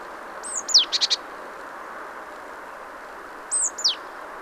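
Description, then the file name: Great tit calls: a high descending note followed by a quick run of short, sharp ticks, then the descending note again near the end without ticks, over steady background hiss. "Parus major"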